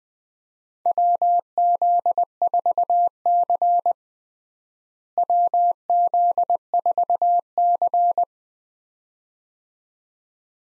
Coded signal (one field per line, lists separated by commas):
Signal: Morse code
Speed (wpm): 20 wpm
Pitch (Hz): 700 Hz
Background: none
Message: WZ4C WZ4C